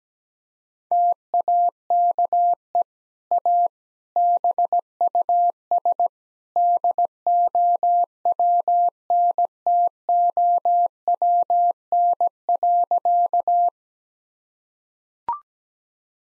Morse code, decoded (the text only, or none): TAKE A BUS DOWNTOWN.